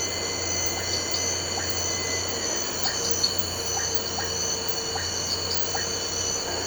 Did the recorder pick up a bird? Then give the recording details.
no. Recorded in pastures near Puerto Asís, Putumayo, Colombia, on 9 March 2025 at 05:00. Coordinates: 0.466, -76.322. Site CSA-02